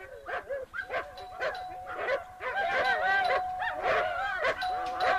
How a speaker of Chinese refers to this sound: 这家主人难道耳朵聋了？狗叫得这么凶，门铃这么响，怎么还不来开门？